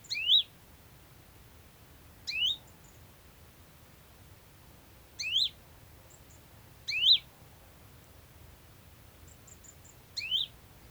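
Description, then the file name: Great tit giving five brief high calls, spaced unevenly a few seconds apart. "Parus major"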